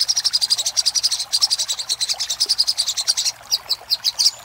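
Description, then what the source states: Little spiderhunter song: rapid, very high, sharp chips in dense runs, with a short pause and then spaced bursts near the end. Master recording for training cage birds; Indonesian name sogok ontong, labelled Labaik.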